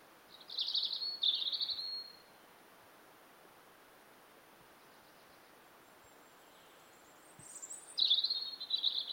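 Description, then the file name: European robin singing two short, high tinkling warbled phrases, a long silent pause, then another sweet, jumbled phrase with thin high notes. "Erithacus rubecula"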